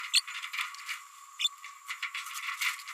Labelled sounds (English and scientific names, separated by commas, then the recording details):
Green-rumped Parrotlet (Forpus passerinus) babbling
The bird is a female
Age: 29 days
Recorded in a nest box in Venezuela
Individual 17B102A5